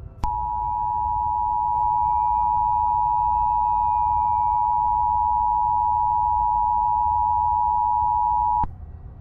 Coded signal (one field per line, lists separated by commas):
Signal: Emergency Alert System (SAME) tones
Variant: 853 and 960 Hz attention tone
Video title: You're listening to the radio... during a zombie apocalypse